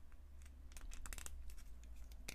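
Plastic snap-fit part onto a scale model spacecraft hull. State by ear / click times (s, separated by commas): not seated / none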